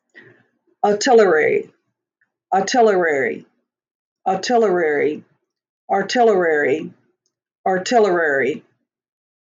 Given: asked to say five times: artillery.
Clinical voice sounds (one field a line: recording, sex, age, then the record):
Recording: repeated word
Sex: female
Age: 60 to 69 years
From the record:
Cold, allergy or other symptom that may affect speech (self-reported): no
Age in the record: 68 years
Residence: Tennessee, United States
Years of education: 12